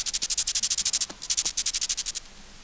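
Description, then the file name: Grasshopper stridulation: a fast run of many short, raspy high-pitched pulses lasting about two seconds, briefly broken in the middle, then stopping. "Chorthippus"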